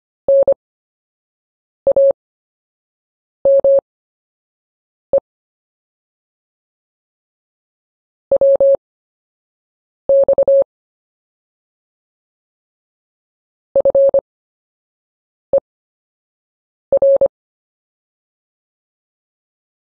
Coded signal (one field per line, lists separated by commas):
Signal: Morse code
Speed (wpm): 25 wpm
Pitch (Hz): 550 Hz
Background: none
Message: NAME WX FER